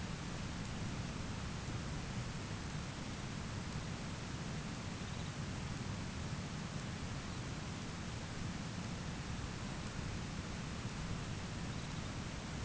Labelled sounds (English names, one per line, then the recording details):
Snow Bunting
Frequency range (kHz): Snow Bunting 2.6-4.8 kHz
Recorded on Arctic tundra, site ZACK-1, on 13 June 2019
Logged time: 09:49